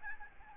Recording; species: mosquito wingbeat signal from an infrared sensor; Aedes albopictus